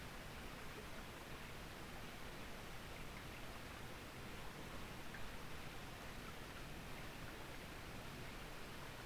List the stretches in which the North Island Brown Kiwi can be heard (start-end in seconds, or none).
none